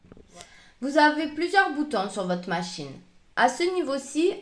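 A metal zipper presser foot, its bar lined up under a sewing machine's snap-on presser-foot holder, clips into place as the presser-foot lever is lowered. A sharp click is heard at 0.4 s, and the foot seats in the holder. Someone then talks.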